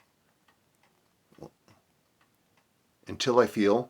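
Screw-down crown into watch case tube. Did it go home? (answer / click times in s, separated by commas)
no / none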